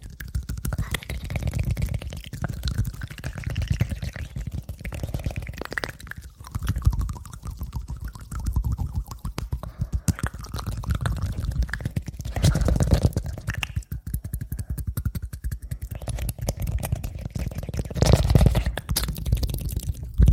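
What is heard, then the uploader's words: Fast mouth sounds: a dense, continuous stream of wet clicks, pops and smacks with barely a pause. A low, breathy rumble sits under the whole stretch, and a brighter, hissier burst comes near the end, around eighteen seconds. ASMR Fastest Mouth Sounds.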